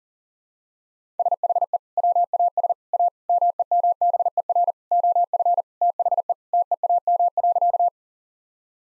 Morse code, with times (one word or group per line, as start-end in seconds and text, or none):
1.2-1.8 SHE
2.0-2.7 WAS
2.9-3.1 A
3.3-4.7 MEMBER
4.9-5.6 OF
5.8-6.3 THE
6.5-7.9 TEAM.